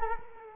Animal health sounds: mosquito wingbeat signal from an infrared sensor; Culex quinquefasciatus

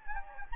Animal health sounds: mosquito wingbeat signal from an infrared sensor; Anopheles gambiae

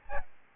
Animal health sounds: mosquito wingbeat signal from an infrared sensor; Aedes albopictus

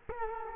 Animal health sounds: mosquito wingbeat signal from an infrared sensor; Culex quinquefasciatus

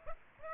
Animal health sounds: mosquito wingbeat signal from an infrared sensor; Aedes aegypti

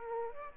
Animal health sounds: mosquito wingbeat signal from an infrared sensor; Aedes aegypti

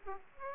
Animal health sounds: mosquito wingbeat signal from an infrared sensor; Aedes aegypti

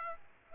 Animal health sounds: mosquito wingbeat signal from an infrared sensor; Aedes aegypti

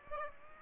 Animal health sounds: mosquito wingbeat signal from an infrared sensor; Aedes aegypti

